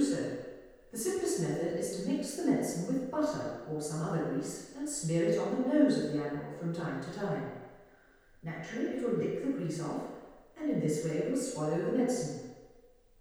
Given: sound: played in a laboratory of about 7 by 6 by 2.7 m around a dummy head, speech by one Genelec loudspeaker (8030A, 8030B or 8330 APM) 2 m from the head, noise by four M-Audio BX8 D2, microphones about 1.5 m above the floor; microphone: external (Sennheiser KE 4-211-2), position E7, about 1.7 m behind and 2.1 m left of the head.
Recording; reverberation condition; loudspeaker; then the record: female speech in English; high; 30 degrees to the left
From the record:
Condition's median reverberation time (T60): about 1300 ms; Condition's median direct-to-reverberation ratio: about -4.0 dB